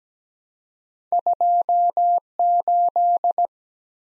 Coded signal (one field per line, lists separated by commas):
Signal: Morse code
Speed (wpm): 17 wpm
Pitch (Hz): 700 Hz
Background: none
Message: 2 8